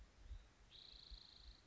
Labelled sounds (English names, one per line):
Spotted Towhee